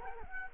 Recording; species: mosquito wingbeat signal from an infrared sensor; Culex quinquefasciatus